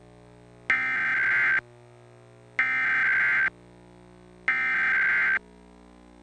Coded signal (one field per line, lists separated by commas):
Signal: Emergency Alert System (SAME) tones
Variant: header bursts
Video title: Required Monthly Test (EAS #305)